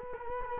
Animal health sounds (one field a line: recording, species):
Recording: mosquito wingbeat signal from an infrared sensor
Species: Culex quinquefasciatus